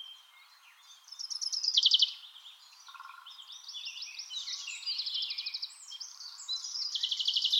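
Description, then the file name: Common chaffinch song: a loud rattling trill early on, followed by further trills and chirps. "Fringilla coelebs"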